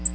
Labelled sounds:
Nashville Warbler (Leiothlypis ruficapilla) flight call

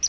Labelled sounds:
Palm Warbler (Setophaga palmarum) flight call

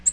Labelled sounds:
Nashville Warbler (Leiothlypis ruficapilla) flight call

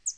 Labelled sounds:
Northern Parula (Setophaga americana) flight call

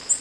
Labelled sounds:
Nashville Warbler (Leiothlypis ruficapilla) flight call

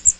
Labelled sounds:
Magnolia Warbler (Setophaga magnolia) flight call

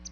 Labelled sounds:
Palm Warbler (Setophaga palmarum) flight call

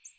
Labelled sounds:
American Redstart (Setophaga ruticilla) flight call

